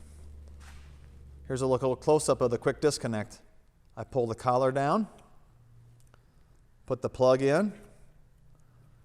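A man talks while pulling down the collar of a quick-disconnect coupling and putting the hose plug into it, with a few faint, brief taps around 6.0 to 6.1 seconds between his phrases. The plug is inserted but not latched, and nothing has clicked yet.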